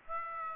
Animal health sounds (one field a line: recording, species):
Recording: mosquito wingbeat signal from an infrared sensor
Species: Aedes aegypti